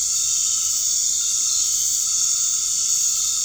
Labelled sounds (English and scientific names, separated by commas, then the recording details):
none
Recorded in dense forest near Puerto Asís, Putumayo, Colombia, on 12 March 2025 at 19:30
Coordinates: 0.485, -76.318
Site G056